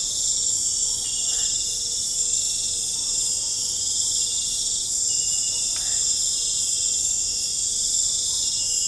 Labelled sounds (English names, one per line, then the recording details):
none
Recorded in pastures near Puerto Asís, Putumayo, Colombia, on 26 December 2024 at 23:00
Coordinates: 0.496, -76.326
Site G004